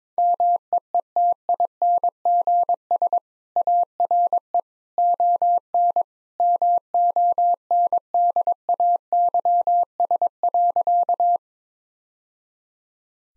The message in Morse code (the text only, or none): MEETINGS ARE ON MONDAYS.